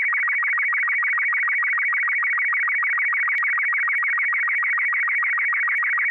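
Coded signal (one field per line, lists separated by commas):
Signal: SSTV (slow-scan television)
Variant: Robot 36 mode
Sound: continuous warbling tone with rapid rhythmic clicks, about six to seven per second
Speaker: this is important to remember because sstv runs full duty cycle and running too much power for too long can overheat your radio you should never exceed 50 watts or keep a close eye on your equipment so [Music] so sstv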